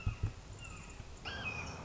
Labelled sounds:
Red-shouldered Hawk (Buteo lineatus)
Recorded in Sonoma County, California

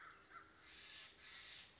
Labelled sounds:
American Crow (Corvus brachyrhynchos)
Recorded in Sonoma County, California

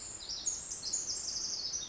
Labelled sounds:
Pacific Wren (Troglodytes pacificus)
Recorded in Sonoma County, California

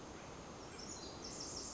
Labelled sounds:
Pacific Wren (Troglodytes pacificus)
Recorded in Sonoma County, California

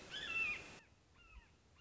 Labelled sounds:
Red-shouldered Hawk (Buteo lineatus)
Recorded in Sonoma County, California

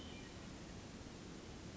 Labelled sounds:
Hermit Thrush (Catharus guttatus)
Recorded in Sonoma County, California

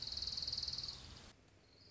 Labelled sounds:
Orange-crowned Warbler (Leiothlypis celata)
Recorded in Sonoma County, California

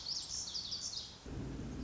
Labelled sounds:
Lazuli Bunting (Passerina amoena)
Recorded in Sonoma County, California

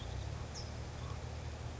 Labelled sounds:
California Towhee (Melozone crissalis)
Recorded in Sonoma County, California

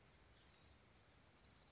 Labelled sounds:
Blue-gray Gnatcatcher (Polioptila caerulea)
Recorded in Sonoma County, California

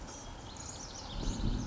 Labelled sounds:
House Wren (Troglodytes aedon)
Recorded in Sonoma County, California

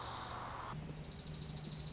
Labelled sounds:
Dark-eyed Junco (Junco hyemalis)
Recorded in Sonoma County, California

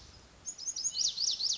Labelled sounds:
Lazuli Bunting (Passerina amoena)
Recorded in Sonoma County, California

